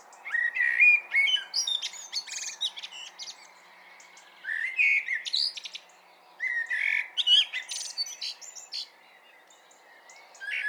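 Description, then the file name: Common blackbird singing mellow warbled phrases that break into high scratchy twittering, about four phrases with short gaps between them. "Turdus merula"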